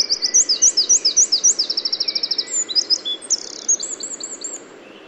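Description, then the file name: Eurasian wren song: a loud, fast run of high trilled notes that speeds into a rattling trill, then breaks into sharp, varied high chips and twitters. "Troglodytes troglodytes"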